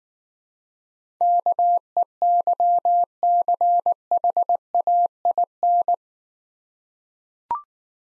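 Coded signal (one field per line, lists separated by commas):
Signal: Morse code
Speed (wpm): 19 wpm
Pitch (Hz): 700 Hz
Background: none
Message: KEYCHAIN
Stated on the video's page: Morse code practice set of easy words at 15 wpm with contextual hints.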